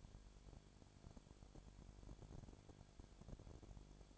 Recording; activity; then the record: daily activity, microphone in the room; no activity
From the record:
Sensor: 5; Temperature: 20.2 degrees Celsius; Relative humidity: 36.5%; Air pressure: 1001.2 hPa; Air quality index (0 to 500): 177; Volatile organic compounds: 4 ppm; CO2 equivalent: 1614 ppm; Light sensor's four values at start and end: 2/3/1/1 and 2/3/1/1